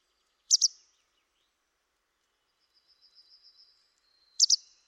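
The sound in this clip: Bird calls: a crisp double chirp, a soft, high, pulsing trill, then another double chirp near the end.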